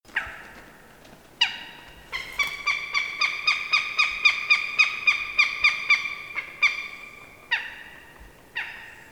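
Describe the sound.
Bird giving nasal, harmonic notes: a few spaced calls, then a fast run of about a dozen evenly repeated notes, then slower single notes again.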